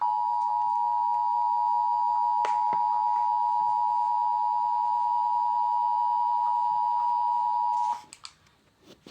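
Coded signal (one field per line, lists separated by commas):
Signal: Emergency Alert System (SAME) tones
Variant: 853 and 960 Hz attention tone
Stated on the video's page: Fictional EAS scenario based on The Amazing World of Gumball; simulated alert.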